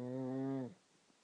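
A single low, buzzing, steadily pitched snore lasts just over half a second, then the room falls quiet. This is a pug snoring; the droning tone fits soft tissue vibrating in a short-nosed dog's crowded airway.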